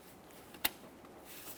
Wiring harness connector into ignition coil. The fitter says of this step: There's my audible click,